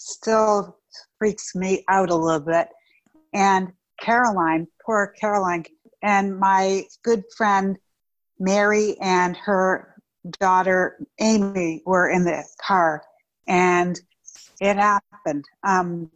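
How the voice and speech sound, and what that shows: Slow, effortful speech from an adult woman with frequent pauses, stretched vowels and devoiced consonants: aphasia with apraxia of speech after a stroke caused by a ruptured brain arteriovenous malformation (AVM). Intellect is intact, but delivery and voice sound different, with difficulty forming words.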